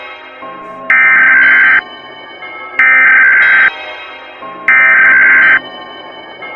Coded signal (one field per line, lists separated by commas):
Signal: Emergency Alert System (SAME) tones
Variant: header bursts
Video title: EAs alarm of hogwart but it has a updated